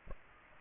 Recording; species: mosquito wingbeat signal from an infrared sensor; Aedes aegypti